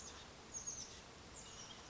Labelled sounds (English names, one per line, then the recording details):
Oak Titmouse
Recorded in Sonoma County, California